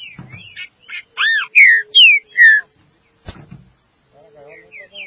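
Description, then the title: Green-winged saltator: a few loud descending and arched whistles, then a sharp knock and soft twittering notes. "Trinca Ferro"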